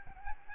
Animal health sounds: mosquito wingbeat signal from an infrared sensor; Aedes albopictus

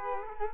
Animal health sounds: mosquito wingbeat signal from an infrared sensor; Culex quinquefasciatus

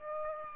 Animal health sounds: mosquito wingbeat signal from an infrared sensor; Aedes aegypti

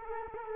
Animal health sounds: mosquito wingbeat signal from an infrared sensor; Culex quinquefasciatus

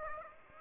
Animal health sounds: mosquito wingbeat signal from an infrared sensor; Aedes aegypti

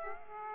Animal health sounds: mosquito wingbeat signal from an infrared sensor; Aedes aegypti

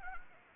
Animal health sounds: mosquito wingbeat signal from an infrared sensor; Anopheles arabiensis

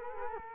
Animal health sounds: mosquito wingbeat signal from an infrared sensor; Culex quinquefasciatus

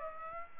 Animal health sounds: mosquito wingbeat signal from an infrared sensor; Aedes aegypti

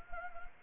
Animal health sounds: mosquito wingbeat signal from an infrared sensor; Anopheles gambiae

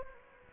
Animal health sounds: mosquito wingbeat signal from an infrared sensor; Anopheles gambiae

